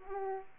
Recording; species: mosquito wingbeat signal from an infrared sensor; Aedes aegypti